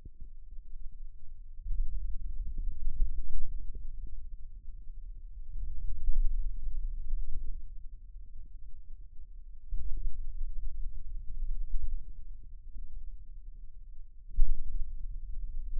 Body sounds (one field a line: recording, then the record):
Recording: forearm muscle sounds (acoustic myography)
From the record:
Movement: finger pinch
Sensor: system 2, bracelet of six BSWA MPA416 microphones around the upper forearm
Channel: 1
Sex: male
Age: 22 years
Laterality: right